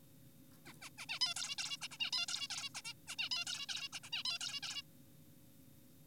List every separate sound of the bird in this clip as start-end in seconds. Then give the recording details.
0.66-0.73, 0.82-0.90, 0.98-1.06, 1.09-1.19, 1.21-1.34, 1.36-1.56, 1.58-1.77, 1.82-1.88, 1.91-1.98, 2.00-2.11, 2.13-2.26, 2.28-2.48, 2.50-2.70, 2.75-2.81, 2.85-2.94, 3.08-3.16, 3.19-3.29, 3.32-3.45, 3.47-3.66, 3.69-3.88, 3.93-4.00, 4.04-4.10, 4.12-4.23, 4.25-4.38, 4.41-4.60, 4.63-4.82. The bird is an adult. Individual g4p5U